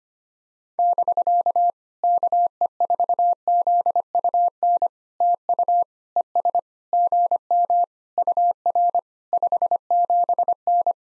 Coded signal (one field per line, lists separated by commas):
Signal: Morse code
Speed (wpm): 25 wpm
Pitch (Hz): 700 Hz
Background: none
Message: <BK> KE4ZUN TU ES GM UR 57N